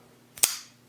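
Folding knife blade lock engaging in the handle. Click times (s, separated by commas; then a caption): 0.4 s. An EMP EDC Thick Boy folding knife's blade is flipped open, and its lock engages in the handle with a sharp, bright metallic snap at 0.4 s, just after a softer onset at 0.38 s. The snap decays briefly. The blade locks open with a crisp click.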